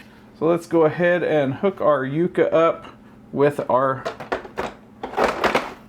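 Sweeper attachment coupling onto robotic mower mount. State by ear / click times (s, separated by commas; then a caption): seated / 4.3 s, 5.4 s. Someone talks while the hitch of a Mammotion Sweeper kit is pushed onto the mount of a Mammotion Yuka robot mower. Sharp clicks are heard at 4.3 s and 5.4 s as the sweeper attachment latches onto the mower. It seats and stays locked until the release button is pressed.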